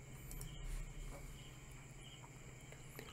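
A steady night chorus of frogs croaking, blended with a continuous high insect-like trill and a low droning hum, holding an even, moderate level throughout with no voices.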